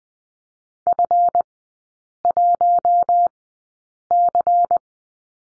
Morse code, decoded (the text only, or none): F1C